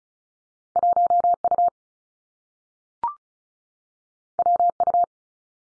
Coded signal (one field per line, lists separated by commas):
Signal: Morse code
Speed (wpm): 36 wpm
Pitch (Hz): 700 Hz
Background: none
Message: 1 U W U